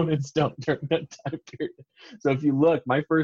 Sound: laughter